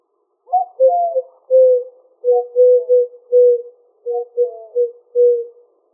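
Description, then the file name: Eurasian collared dove giving repeated soft hollow coos in a rhythmic series of three-part phrases, low and mellow, with nothing else audible. Arizona, United States; 14 March 2007. "AZFO ECDO 5 deviche"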